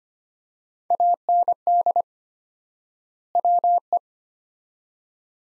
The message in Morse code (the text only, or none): AND WE